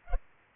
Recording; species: mosquito wingbeat signal from an infrared sensor; Culex pipiens